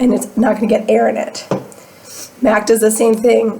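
Someone talks while a plastic lipstick cap is handled near its lipstick tube, a cap meant to click shut to show the lipstick is sealed. Nothing has clicked or seated yet.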